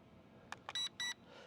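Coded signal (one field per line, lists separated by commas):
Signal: beep code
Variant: WeFone WF40 drone controller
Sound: two quick button clicks followed by two short electronic beeps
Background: quiet room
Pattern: 2 short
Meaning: Two beeps mean high speed mode is selected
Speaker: you hear the 2 beeps, that's high mode.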